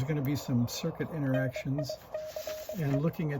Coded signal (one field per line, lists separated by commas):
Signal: Morse code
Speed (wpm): 21 wpm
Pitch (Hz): 620 Hz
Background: speech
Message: NICE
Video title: HB-1B Low Transmit Power #10 - Back to where we started - “bad” radio transmit stage checks